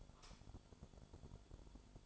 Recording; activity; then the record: daily activity, microphone in the room; light off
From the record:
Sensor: 5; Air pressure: 1008.0 hPa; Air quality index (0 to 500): 103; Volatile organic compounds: 1 ppm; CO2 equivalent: 799 ppm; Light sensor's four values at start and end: 35/80/33/33 and 35/80/33/33